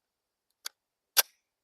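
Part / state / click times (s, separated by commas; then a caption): pistol magazine into pistol magazine well / seated / 0.7 s. A loaded magazine is pushed into a pistol's grip during a reload demonstration and clicks home with a short, sharp snap at 0.7 s, seating fully. A louder, broader metallic clack follows at 1.2 s, likely the slide releasing and going forward.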